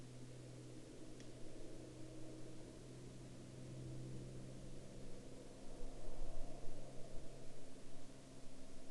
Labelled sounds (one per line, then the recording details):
man-made sound
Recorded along the Dempster Highway, Canada, on 10 April 2020 at 10:12
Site 11